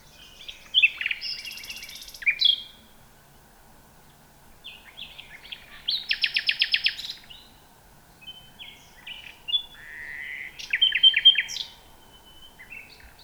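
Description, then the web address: Common nightingale song: rich phrases of rapid repeated clicks and buzzy trills alternating with pure whistles and short pauses, several loud bursts over the span. "nachtegaal luscinia megarhynchos"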